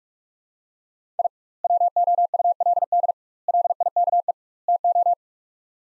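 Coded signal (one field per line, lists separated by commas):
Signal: Morse code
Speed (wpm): 42 wpm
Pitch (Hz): 700 Hz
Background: none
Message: I WOULD LIKE TO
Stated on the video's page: Morse practice: sets of four words at 45 wpm with 2x word-spacing, each set followed by spoken version; spacing method analogous to Farnsworth.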